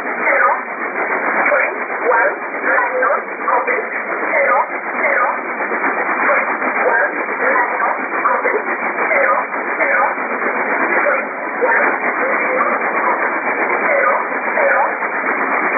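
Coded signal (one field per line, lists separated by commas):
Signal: numbers station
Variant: E11 Oblique, English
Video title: 09 12 2017 Numbers station E11 Oblique in English to Eu 0805 on 7377 unknown tx site in USB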